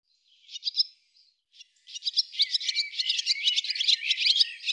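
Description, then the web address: Barn swallow twitter, starting with a few scattered chirps, then building into a rapid, continuous chattering warble. "cianscape birddata Deverinetal 2025"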